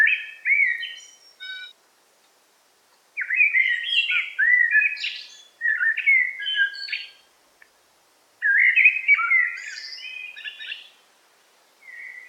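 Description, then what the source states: Eurasian blackbird song, several melodious whistled phrases each closing with thin twittering notes, phrases repeated after short gaps in a calm setting. In forest, 8 July 2018.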